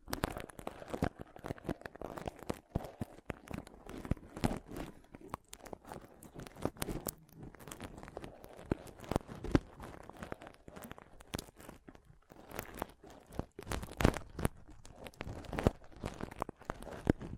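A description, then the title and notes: Pom pom tingles: a dense, unbroken run of crisp crackling and rustling, like soft fibers being squeezed and rubbed. Quick clicks and scratchy bursts tumble over one another at an uneven pace, with a few sharper snaps near the fourteen-second mark. ASMR Ultimate Pom Pom Tingles (No Talking).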